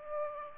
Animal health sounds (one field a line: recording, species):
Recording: mosquito wingbeat signal from an infrared sensor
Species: Aedes aegypti